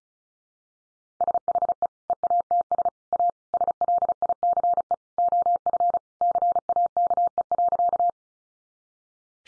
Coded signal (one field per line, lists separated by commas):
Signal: Morse code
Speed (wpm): 34 wpm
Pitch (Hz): 700 Hz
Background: none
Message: SHE EATS A SLICE OF CAKE.